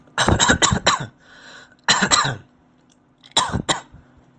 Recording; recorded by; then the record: voluntary cough; messaging app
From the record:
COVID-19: negative